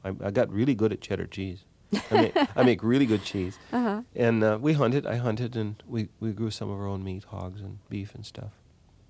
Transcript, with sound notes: I got really good at cheddar cheese.
(Laughter).
I make really good cheese. And we hunted. I hunted. And we grew some of our own meat - hogs and beef and stuff.